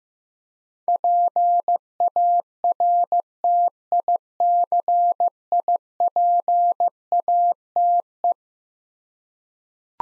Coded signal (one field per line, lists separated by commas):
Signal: Morse code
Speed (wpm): 15 wpm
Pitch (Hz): 700 Hz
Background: none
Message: PARTICIPATE